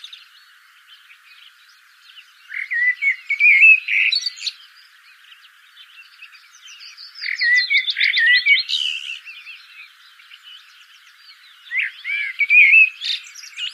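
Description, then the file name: Common blackbird delivering three widely spaced song phrases, low fluty warbles running into scratchy high twitters, with quiet stretches in between. "Turdus merula"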